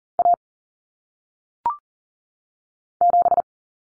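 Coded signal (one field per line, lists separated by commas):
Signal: Morse code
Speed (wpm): 40 wpm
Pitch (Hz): 700 Hz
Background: none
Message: A 7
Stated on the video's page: Single-digit cut-number drill at 40 wpm for head-copy, with T, A, N standing for 0, 1, 9; each number sent in Morse, then spoken, then sent again.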